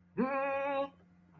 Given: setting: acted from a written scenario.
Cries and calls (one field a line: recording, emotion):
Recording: vocal sound without words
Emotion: triumph